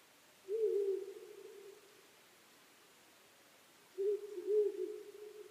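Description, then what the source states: Owl hooting twice, about three and a half seconds apart; each call is a low, hollow note stretched into a fading tail, the second with a doubled start. Recorded 23 May 2010 at 00:59.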